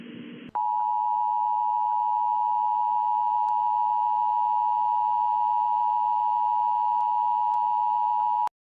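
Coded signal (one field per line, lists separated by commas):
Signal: Emergency Alert System (SAME) tones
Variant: 853 and 960 Hz attention tone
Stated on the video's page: Fictional tornado EAS scenario for Las Vegas, simulated and not meant to be realistic.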